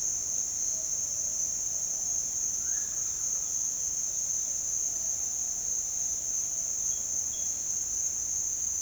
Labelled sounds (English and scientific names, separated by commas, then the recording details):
none
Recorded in dense forest near Puerto Asís, Putumayo, Colombia, on 22 June 2025 at 08:30
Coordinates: 0.499, -76.324
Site G100